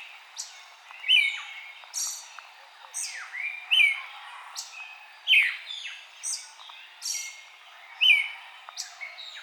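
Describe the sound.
Eastern red-legged thrush calls: short downslurred squeaky notes and high thin chips, repeated irregularly.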